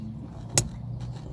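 Cable plugs are pushed into a Comma.ai openpilot dashcam driver-assist device for a 2019 Camry Hybrid, with a low steady hum in the background. A sharp click at 0.6 s marks a plug seating fully, and a much fainter tick follows near the end.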